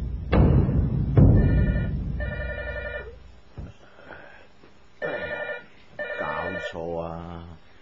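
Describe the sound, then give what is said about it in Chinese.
A telephone rings late at night in repeated bursts of bright, trilling electronic tones separated by short pauses, following a couple of heavy thuds at the start. The call turns out to be a wrong number. “打电话嚟嘅，搭错线啦！”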